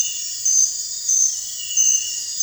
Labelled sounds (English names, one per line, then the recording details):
none
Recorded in dense forest near Puerto Asís, Putumayo, Colombia, on 26 December 2024 at 03:00
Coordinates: 0.468, -76.322
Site G071